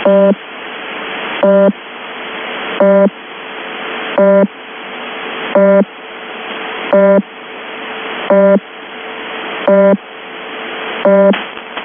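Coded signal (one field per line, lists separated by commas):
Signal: channel marker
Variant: UVB-76 (The Buzzer)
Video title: 26 January 2022 04:40:39 UTC - UVB-76 (The Buzzer) is back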